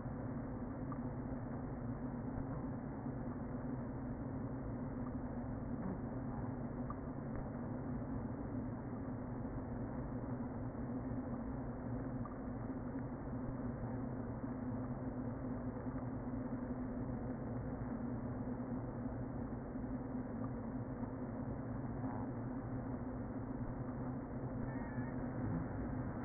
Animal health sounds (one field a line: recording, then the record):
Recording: honeybee colony, microphone inside the hive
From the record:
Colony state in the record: queen present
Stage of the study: before two queens were removed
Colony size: about 60,000 bees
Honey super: yes